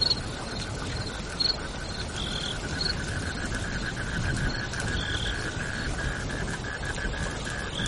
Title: suara Hujan Guntur Suara Jangkrik Dan Burung